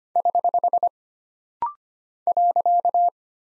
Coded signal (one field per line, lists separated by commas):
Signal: Morse code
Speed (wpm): 25 wpm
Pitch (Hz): 700 Hz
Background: none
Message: <HH> .